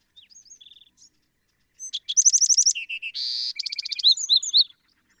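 Bewick's wren song, soft introductory notes followed by a loud phrase of rapid trills, a buzzy rattle and ringing whistled notes.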